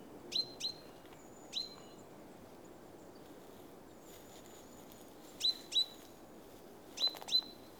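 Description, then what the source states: Bird giving sharp high chirps, mostly in quick pairs, in four short bursts over about eight seconds, with a faint steady background hiss. Recorded in Oostduinen.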